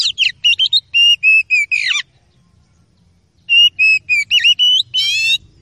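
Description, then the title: Oriental magpie-robin singing two bursts of clear whistles mixed with buzzy, harsh rasping notes, separated by a pause of about a second and a half. Training recording (masteran) of song meant to make a listening kacer agitated and ready to fight within minutes. "KACER NGOTOT FULL TEMBAKAN. MASTERAN KACER"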